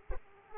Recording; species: mosquito wingbeat signal from an infrared sensor; Aedes aegypti